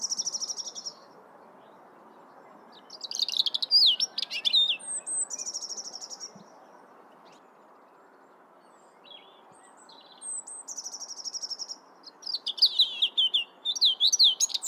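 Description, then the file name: European robin song in separate phrases divided by pauses, each mixing high thin whistles, wavering slurs and fast trilled twitters, with quiet background hiss. "Erithacus rubecula"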